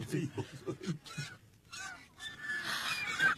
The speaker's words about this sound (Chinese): 皇上，看天鹅。 天鹅落到翠微宫宫顶上了。 哎呀， 他们引吭欢叫，翩翩起舞，实在是有趣啊。